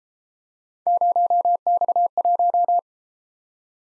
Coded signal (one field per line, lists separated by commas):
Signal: Morse code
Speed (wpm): 32 wpm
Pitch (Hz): 700 Hz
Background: none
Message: 0X1